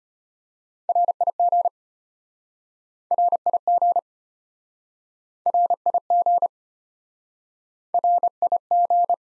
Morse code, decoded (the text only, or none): RIG RIG RIG RIG